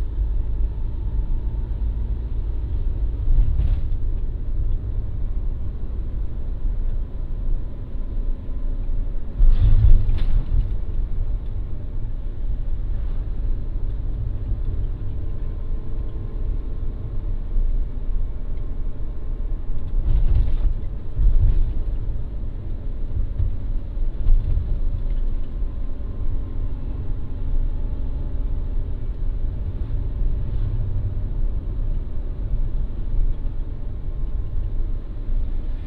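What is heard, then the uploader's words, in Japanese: Recorded from inside a car driving to a farm stand, with a steady low rumble of engine and road noise throughout. Brief bumps or knocks stand out near 4, 10, 20 and 31 seconds, and faint tonal whines drift underneath the dull, muffled sound. 環境音 直売所へ店出し。直売所へクルマで向かう。クルマの運転時間長め。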